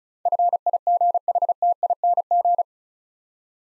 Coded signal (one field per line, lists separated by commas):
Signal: Morse code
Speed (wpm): 36 wpm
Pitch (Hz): 700 Hz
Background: none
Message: FIGHTING